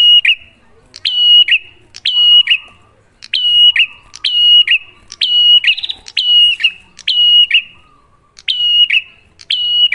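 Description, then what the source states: Bar-winged prinia singing loud, sharp phrases about once a second, each a clicky burst into a level whistled note that dips at the end, with a rapid buzzy trill between some phrases. Duet lure recording of clear-voiced, lively prinia song, made to get caged birds singing.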